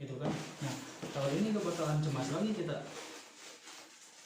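A rain cover's plastic press-in lock is handled at its anchor on an Apsara Hydraxone The Last Series backpack, the lock meant to keep the cover attached so it is not lost. Someone talks throughout, with faint handling noise underneath. Nothing has seated or clicked yet.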